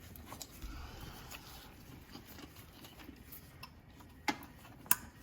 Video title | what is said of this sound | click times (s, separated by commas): Detailing 2017+ Camaro ZL1 Flex Fuel Sensor Installation Guide | click and click | 4.3 s, 4.9 s